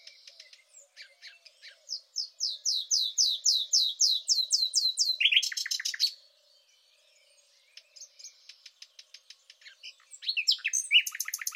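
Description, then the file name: Thrush nightingale song: a crescendo of repeated whistled notes, a harsh rattle, a short quiet spell, then soft clipped notes and more loud clipped phrases. "rossignol philomele"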